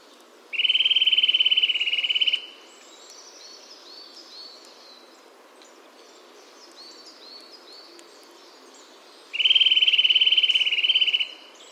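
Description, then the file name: Eurasian nuthatch delivering two fast, even trills of high piping notes, nearly nine seconds apart, with soft chirping in between. "Sitta europaea"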